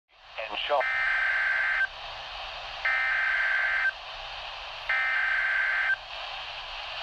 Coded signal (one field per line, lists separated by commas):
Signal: Emergency Alert System (SAME) tones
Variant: header bursts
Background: speech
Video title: TOA for Portions of Central and Western WI (EAS #142)